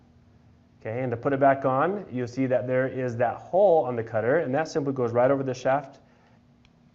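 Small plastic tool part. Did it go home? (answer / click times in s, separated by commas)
no / none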